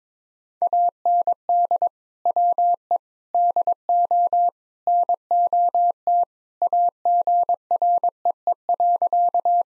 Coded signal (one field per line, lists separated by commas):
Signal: Morse code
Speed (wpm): 22 wpm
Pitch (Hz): 700 Hz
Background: none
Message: AND WE DO NOT AGREE.